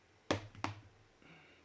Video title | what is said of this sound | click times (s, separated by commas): "The One With Soundwave, Adventure Peely and Cuddle Team Leader." - LEGO LIVE Build | Boom. Locked into place. | 0.3 s, 0.6 s